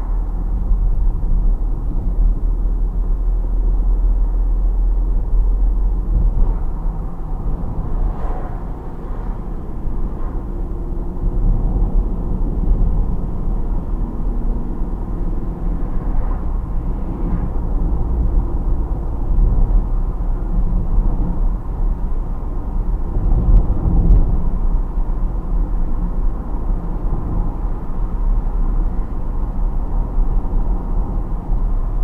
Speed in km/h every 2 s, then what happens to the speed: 42, 42, 44, 46, 46, 50, 55, 59, 61, 61, 62, 62, 64, 64, 66, 66.
0-8 steady at about 44. 8-15 speeds up to 61. 15-32 steady at about 62.